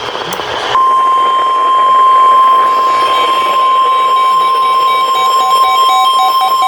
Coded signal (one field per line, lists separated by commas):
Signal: Emergency Alert System (SAME) tones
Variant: 1050 Hz attention tone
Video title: From TORs to Random Alerts (EAS Alerts from 7/28/2026) (EAS #1190-1283)